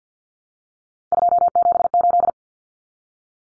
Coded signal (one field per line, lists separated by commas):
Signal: Morse code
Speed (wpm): 50 wpm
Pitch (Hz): 700 Hz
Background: none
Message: 278